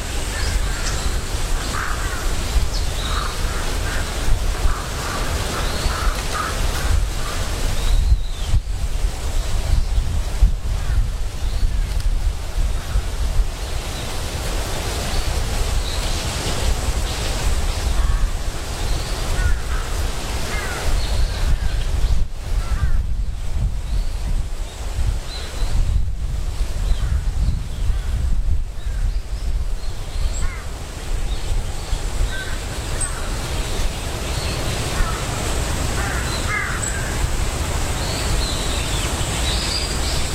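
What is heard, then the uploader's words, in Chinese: Fresh wind blows steadily through a forest, a dense low rush with gusty swells and a few faint bird calls scattered throughout. 睡在森林中的新鲜风声。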